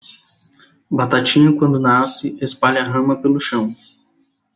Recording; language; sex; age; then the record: short text; Brazilian Portuguese; male; 20 to 29 years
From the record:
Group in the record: control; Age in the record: 28 years